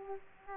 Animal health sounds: mosquito wingbeat signal from an infrared sensor; Aedes aegypti

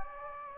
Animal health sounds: mosquito wingbeat signal from an infrared sensor; Anopheles gambiae

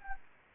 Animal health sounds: mosquito wingbeat signal from an infrared sensor; Anopheles arabiensis

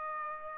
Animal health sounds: mosquito wingbeat signal from an infrared sensor; Aedes aegypti

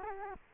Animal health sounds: mosquito wingbeat signal from an infrared sensor; Culex quinquefasciatus

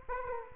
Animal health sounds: mosquito wingbeat signal from an infrared sensor; Aedes aegypti

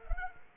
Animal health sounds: mosquito wingbeat signal from an infrared sensor; Culex quinquefasciatus

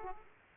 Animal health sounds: mosquito wingbeat signal from an infrared sensor; Aedes aegypti

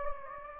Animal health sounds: mosquito wingbeat signal from an infrared sensor; Anopheles gambiae

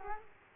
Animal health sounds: mosquito wingbeat signal from an infrared sensor; Culex quinquefasciatus

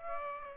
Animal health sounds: mosquito wingbeat signal from an infrared sensor; Aedes aegypti

